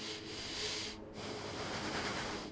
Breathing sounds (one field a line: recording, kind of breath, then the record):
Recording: one breath in and out by a microphone near the nose and mouth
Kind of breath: deep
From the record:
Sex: male